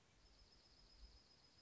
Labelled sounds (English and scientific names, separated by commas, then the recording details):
Dark-eyed Junco (Junco hyemalis)
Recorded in Sonoma County, California